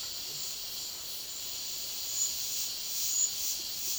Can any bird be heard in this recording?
no